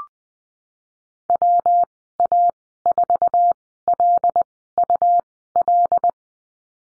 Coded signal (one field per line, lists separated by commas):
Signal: Morse code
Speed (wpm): 20 wpm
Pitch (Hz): 700 Hz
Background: none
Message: WA4LUL